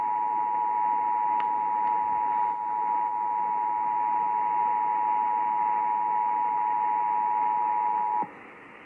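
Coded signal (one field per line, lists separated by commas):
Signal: Emergency Alert System (SAME) tones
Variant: 853 and 960 Hz attention tone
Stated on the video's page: Texas Required Monthly Test originated by WBAP and relayed on all Texas radio and TV stations.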